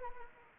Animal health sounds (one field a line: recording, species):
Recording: mosquito wingbeat signal from an infrared sensor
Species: Anopheles arabiensis